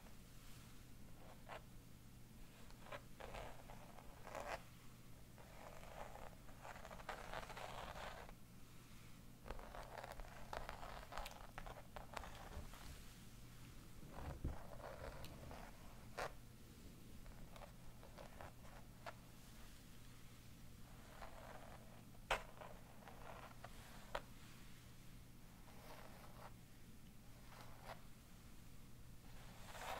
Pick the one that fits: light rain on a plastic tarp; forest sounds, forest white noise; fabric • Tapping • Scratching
fabric • Tapping • Scratching